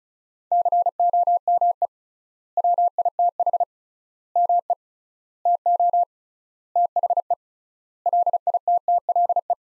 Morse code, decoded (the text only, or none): COME WITH ME TO THE LITTLE